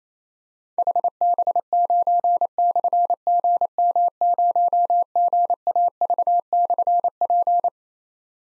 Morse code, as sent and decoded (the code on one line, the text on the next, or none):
.... -... ----. -..-. --. -- ----- --. .- ...- -..-. .--.
HB9/GM0GAV/P